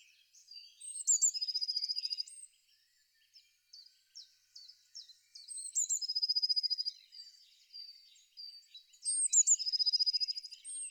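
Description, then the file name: Eurasian blue tit song: three phrases, each opening with high, thin notes and ending in a quick, even trill, with scattered soft twitters between them. "pimpelmees"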